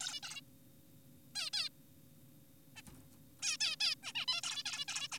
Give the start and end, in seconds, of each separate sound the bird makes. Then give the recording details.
0.01-0.20, 0.23-0.41, 1.35-1.50, 1.53-1.69, 2.76-2.82, 3.42-3.57, 3.61-3.76, 3.81-3.95, 4.03-4.12, 4.15-4.26, 4.28-4.41, 4.43-4.63, 4.66-4.85, 4.88-5.08, 5.12-5.18. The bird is an adult. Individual g4p5U